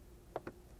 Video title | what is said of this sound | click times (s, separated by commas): RAV4 Roof Rack Install | And once you hear that click, you can just kind of pull that straight out | 0.4 s